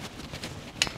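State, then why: Seated. A gas regulator is clipped onto the gas supply of a Camplux Nano 3Pro portable water heater. After a soft knock at 0.4 s, a sharp click at 0.8 s shows the regulator has seated.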